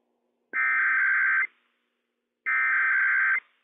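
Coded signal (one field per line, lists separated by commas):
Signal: Emergency Alert System (SAME) tones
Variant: header bursts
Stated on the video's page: Required weekly test issued by the Washington State EOC, received on NOAA Weather Radio transmitter WWF56.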